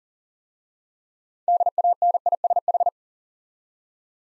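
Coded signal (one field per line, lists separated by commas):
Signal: Morse code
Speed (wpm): 42 wpm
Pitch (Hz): 700 Hz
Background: none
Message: DANISH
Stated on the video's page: Contextual-priming practice set of difficult words with hints, sent at 40 wpm.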